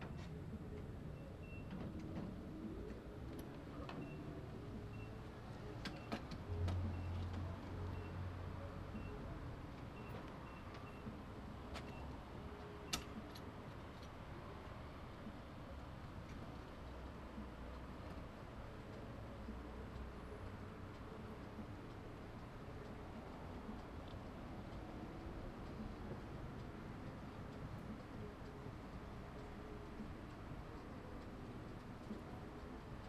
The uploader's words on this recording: CITGO Gas Station. Standing by a gas pump at the CITGO on Plaza and Parkwood.